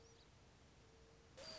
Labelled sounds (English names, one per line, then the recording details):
Mourning Dove
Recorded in Sonoma County, California